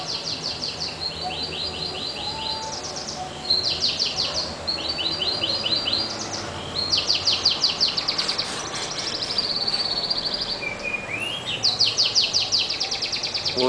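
Double-collared seedeater singing almost continuously, rapid high buzzy trills in repeated phrases, with a short rising note, over background noise.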